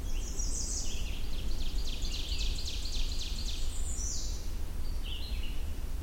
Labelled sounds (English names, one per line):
Ovenbird song